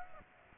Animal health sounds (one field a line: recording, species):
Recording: mosquito wingbeat signal from an infrared sensor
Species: Aedes aegypti